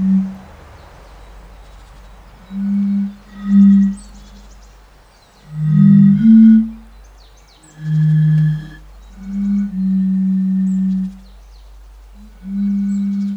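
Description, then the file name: European fire-bellied toad chorus: soft, low hooting notes in clusters and some longer held tones. "henrik olsson anders dahl bombina bombina"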